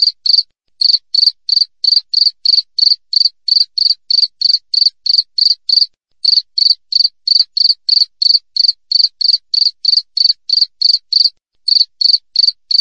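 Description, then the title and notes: Cricket chirping steadily, each chirp a quick cluster of high pulses, repeated roughly three times a second with occasional gaps. Clear natural cricket sound with tightly spaced chirps, intended as a master recording for training songbirds and for repelling rats. "Masteran Jangkrik Alam Jernih, Jeda Rapat Cocok Untuk Masteran Burung Dan Mengusir Tikus. suara jangkrik"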